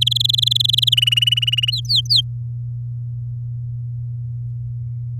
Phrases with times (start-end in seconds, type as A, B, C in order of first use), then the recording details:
0.01-0.95 A, 0.97-1.71 B, 1.72-2.21 C. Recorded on 10 May 2018 at 07:09. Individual llb16